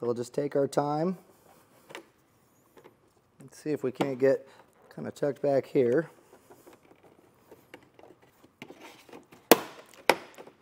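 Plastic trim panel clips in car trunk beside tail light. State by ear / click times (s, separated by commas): released / 9.5 s, 10.1 s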